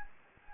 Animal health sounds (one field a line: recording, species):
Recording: mosquito wingbeat signal from an infrared sensor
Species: Anopheles gambiae